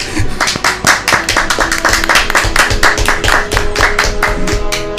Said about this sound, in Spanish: ¡Oh, un aplauso!